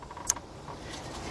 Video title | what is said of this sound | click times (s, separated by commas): ⭐ 2012 Ford Pickup F-150 FX2 - 3.5 - Spark Plugs - Ignition Coils | put it on until it clicks push the red tab into place again | 0.3 s